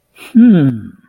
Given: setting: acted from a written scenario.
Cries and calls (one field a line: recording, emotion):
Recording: vocal sound without words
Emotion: neutral